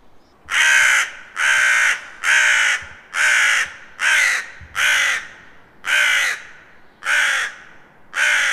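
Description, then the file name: Carrion Crow giving a series of about nine loud, rasping caws, roughly one each second. "Corvus corone"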